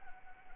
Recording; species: mosquito wingbeat signal from an infrared sensor; Anopheles arabiensis